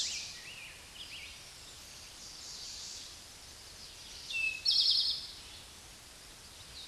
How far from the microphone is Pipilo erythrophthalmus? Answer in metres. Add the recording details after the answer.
about 20 m. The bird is about 15 m above the microphone. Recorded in a Pennsylvania forest on 16 May 2024 at 09:07. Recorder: AudioMoth, point MSD-0788. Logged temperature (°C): 16.6 °C. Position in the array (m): 63 m, 15 m